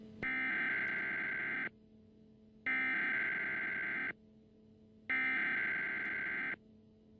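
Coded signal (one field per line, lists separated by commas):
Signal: Emergency Alert System (SAME) tones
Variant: header bursts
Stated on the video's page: Winter storm warning broadcast on a Baltimore-area commercial radio station, interrupting a song, heard on a car radio.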